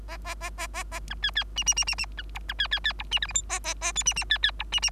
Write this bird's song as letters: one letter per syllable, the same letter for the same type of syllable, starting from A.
A A A A A A B C C D D D D D B E B C C C E D F G H A A A I D D C C E D D